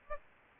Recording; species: mosquito wingbeat signal from an infrared sensor; Aedes albopictus